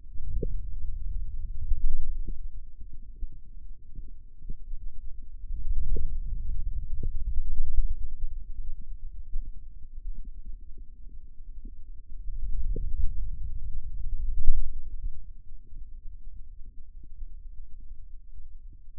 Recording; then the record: forearm muscle sounds (acoustic myography)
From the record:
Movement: ulnar deviation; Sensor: system 2, bracelet of six BSWA MPA416 microphones around the upper forearm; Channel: 3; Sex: male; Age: 22 years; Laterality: right